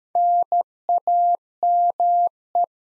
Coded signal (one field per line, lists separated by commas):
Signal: Morse code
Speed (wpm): 13 wpm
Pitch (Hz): 700 Hz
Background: none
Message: NAME